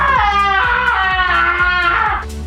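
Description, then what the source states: Alpaca crying in a drawn-out, wavering, harmonic wail over a steady rhythmic thumping. Played on the radio as a riddle sound.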